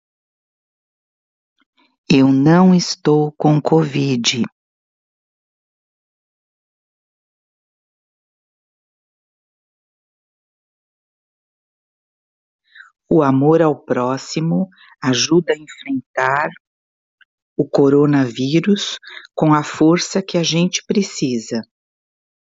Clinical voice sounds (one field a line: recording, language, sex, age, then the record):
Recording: spoken sentence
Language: Brazilian Portuguese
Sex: female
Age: 60 to 69 years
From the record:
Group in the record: control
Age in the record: 61 years